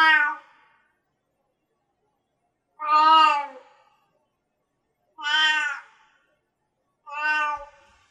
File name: Cat